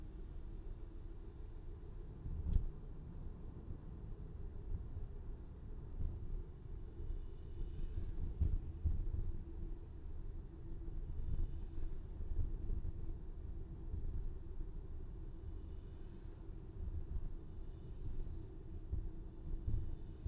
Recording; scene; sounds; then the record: everyday scene through a hearing-aid microphone; in a vehicle; engine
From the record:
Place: VW T5 Caravelle, diesel engine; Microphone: in the ear canal, left